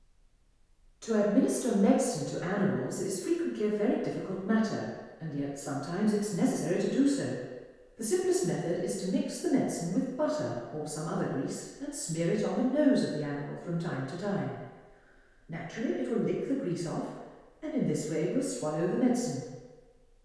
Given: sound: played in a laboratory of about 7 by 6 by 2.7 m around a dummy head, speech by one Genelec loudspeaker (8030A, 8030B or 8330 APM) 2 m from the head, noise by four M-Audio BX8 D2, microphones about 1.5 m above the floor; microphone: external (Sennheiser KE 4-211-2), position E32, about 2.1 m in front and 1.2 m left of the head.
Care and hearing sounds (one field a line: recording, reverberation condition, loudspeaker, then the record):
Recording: female speech in English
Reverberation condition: high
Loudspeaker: 90 degrees to the right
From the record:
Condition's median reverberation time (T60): about 1300 ms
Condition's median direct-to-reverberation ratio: about -4.0 dB